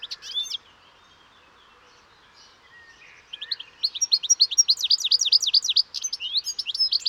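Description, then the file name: European goldfinch twittering: a few sharp notes at the start, a quiet gap, then a fast, continuous run of high, tinkling chirps from about three seconds on. "Carduelis carduelis"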